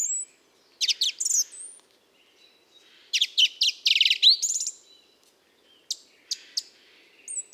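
Mistle thrush song in brief, busy phrases of high chattering notes, broken by silences, with a few thin whistles.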